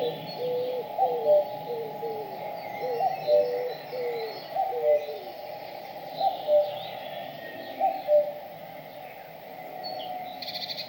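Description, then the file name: Birds calling in low whistled phrases, some notes sliding downward, repeated every second or two, while faint high chirps carry on behind. In a forest. "bird sounds in the forest"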